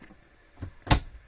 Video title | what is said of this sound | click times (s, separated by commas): (360 video) 2018 Airstream Atlas Review - Luxury Class B+ with Murphy Suite | A nice click and a nice close. | 0.9 s